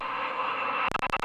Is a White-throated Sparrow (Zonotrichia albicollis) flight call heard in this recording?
no